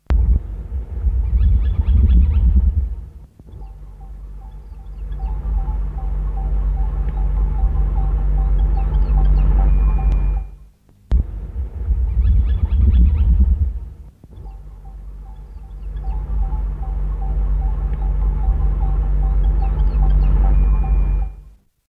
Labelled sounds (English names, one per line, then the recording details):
Levant Sparrowhawk call
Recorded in the wild
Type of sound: call
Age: adult
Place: Griechenland, GR
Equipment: Halbspur, 9,5 cm/s
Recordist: Lütgens, Hans
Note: Im Wald von "Kuri"